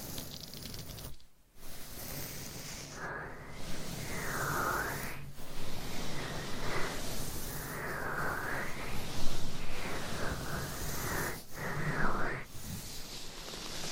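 Scratching and tapping sounds fill the recording with a dense, rough, hissing texture that runs almost without pause. Brief silent gaps fall near 1 and 5 seconds, and small rising squeaky strokes recur around 4.5, 8 and 12 seconds.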